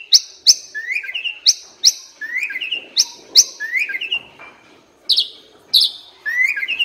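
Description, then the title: Asian pied starling song: sharp high notes paired with slurred whistles dropping and rising around mid pitch, repeated in a loose rhythm with short pauses. Training recording (masteran) used to teach caged birds that sing too little and are sluggish to sing more. "Masteran Jalak Suren AMPUH Dan EFEKTIF Atasi Burung KURANG GACOR Dan LOYO"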